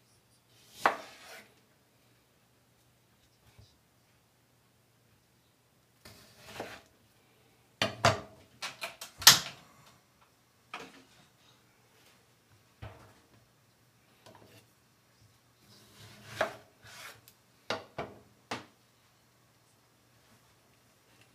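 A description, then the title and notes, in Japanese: Meal prep for bento lunches: scattered clacks and clinks of dishes, utensils and containers, with a few sharp knocks. Busy bursts come near the start, around 6 to 9 seconds, and again near 16 to 18, with quiet gaps between over a steady low hum. 環境音 弁当用につくりおき。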